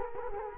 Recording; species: mosquito wingbeat signal from an infrared sensor; Culex quinquefasciatus